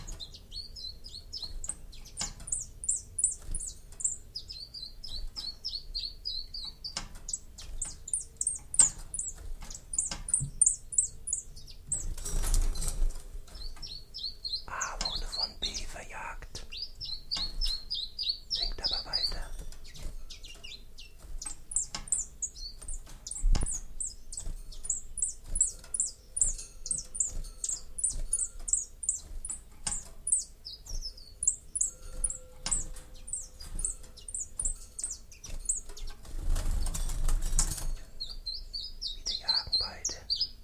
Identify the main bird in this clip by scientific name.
Phylloscopus collybita